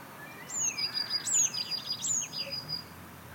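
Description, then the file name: Eurasian blue tit song, high thin descending notes alternating with brief lower tones, repeated three times. "Cyanistes caeruleus"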